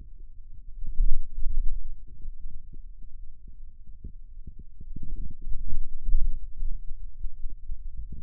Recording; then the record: forearm muscle sounds (acoustic myography)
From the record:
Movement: radial deviation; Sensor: system 2, bracelet of six BSWA MPA416 microphones around the upper forearm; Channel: 5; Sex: male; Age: 22 years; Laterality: right